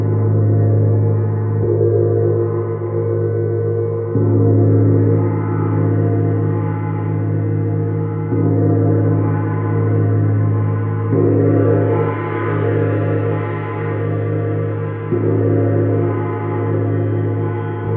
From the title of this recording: A Sound Bath with All Six Planetary Gongs